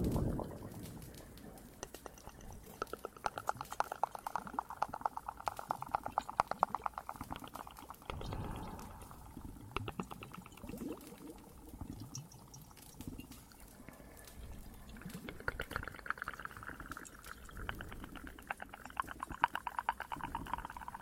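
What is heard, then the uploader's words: A cave with dripping water and a crackling fireplace: sharp clicks and pops come thick and irregular throughout, like snapping embers and drips. A steady mid-pitched whooshing band runs from about three to nine seconds and returns after fifteen, over a low rumbling bed. Some more Cave ASMR, Water and Fireplace added.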